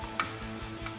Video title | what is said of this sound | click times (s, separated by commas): Jeep Wrangler Raxiom Axial Series 13-LED Headlights Review & Install | So you can go ahead and plug that right in just like so. Make sure you hear that snap confirmation. | 0.2 s